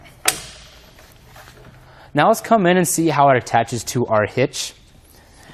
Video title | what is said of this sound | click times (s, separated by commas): etrailer - Fit Check: Testing Thule Camber Bike Rack for 4 Bikes on a 2019 Chevrolet Silverado 3500 | tilt it back up we're just gonna pull up on it till we hear it click | 0.3 s